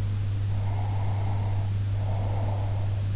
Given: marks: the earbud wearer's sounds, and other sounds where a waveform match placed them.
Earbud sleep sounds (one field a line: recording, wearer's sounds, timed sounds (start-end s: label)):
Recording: sounds in sleep by an in-ear microphone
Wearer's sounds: breath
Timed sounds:
0.47-3.10 s: breath